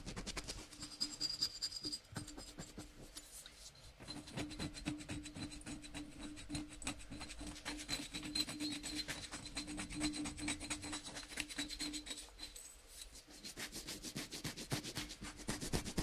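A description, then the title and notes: Quick, dense tapping on a small vase and some boxes runs the whole way through, a rapid stream of light clicks with a scratchy, rubbing edge. A steady low hum sits underneath, fading briefly around four and thirteen seconds. Glorious Tapping on a Small Vase and Some Random Boxes (Bearded Audio ASMR). Tapping on a small vase and other boxes around his home.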